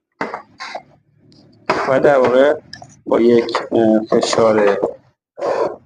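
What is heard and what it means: A rubber valve cover gasket is pressed by hand so that its protrusions go into the grooves of a TU5 engine's valve cover. Someone talks throughout, with brief handling sounds, but nothing has seated or clicked yet.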